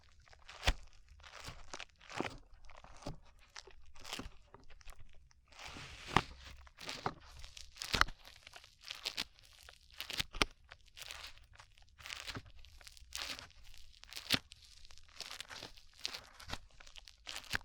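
Slime being worked for ASMR, a steady run of wet crackles and sharp pops packed closely through the whole stretch. The pops land irregularly, several per second, with a denser, louder patch around six to eight seconds, over a faint low hum.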